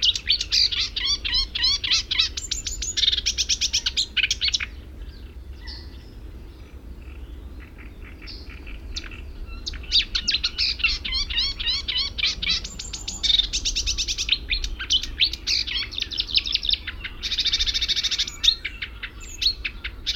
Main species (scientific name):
Acrocephalus palustris